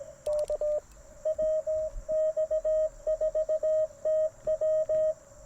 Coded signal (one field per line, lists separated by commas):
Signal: Morse code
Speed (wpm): 21 wpm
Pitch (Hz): 590 Hz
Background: radio noise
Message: K WX4TW